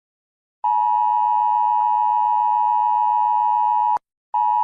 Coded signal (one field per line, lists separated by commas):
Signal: Emergency Alert System (SAME) tones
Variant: 853 and 960 Hz attention tone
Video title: EAS Alarms in different countries (Unfinished)